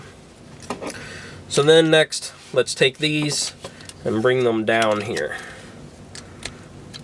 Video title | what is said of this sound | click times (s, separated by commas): Transformers Generations Rhinox Review | Just, they'll snap into place. | 6.5 s